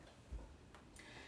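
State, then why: Seated. A plastic divider is pressed into its slot in a plastic makeup storage organizer and snaps into place. A faint, short tick is heard at 0.8 s, and the divider is seated. No one talks during the clip.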